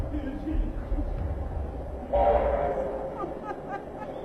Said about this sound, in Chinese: 火车，火车啊！